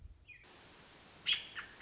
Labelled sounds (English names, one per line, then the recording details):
American Robin
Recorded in Sonoma County, California